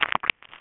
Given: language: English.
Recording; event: throat vibration sensor signal played as sound; swallow